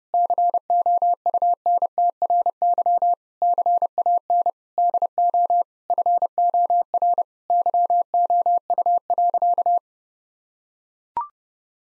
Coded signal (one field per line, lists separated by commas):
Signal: Morse code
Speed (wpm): 30 wpm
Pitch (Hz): 700 Hz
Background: none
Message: COUNTRY CAN DO FOR YOU.